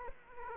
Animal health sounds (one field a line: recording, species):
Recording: mosquito wingbeat signal from an infrared sensor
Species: Aedes aegypti